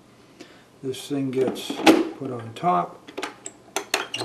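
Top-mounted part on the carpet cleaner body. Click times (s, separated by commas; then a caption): 3.8 s, 3.9 s. A part is set on top of a Bissell rug and carpet cleaner body and pressed down until the clips on each side click in, seating it. Someone talks over light handling noise, then two sharp plastic clicks land close together at 3.8 and 3.9 seconds.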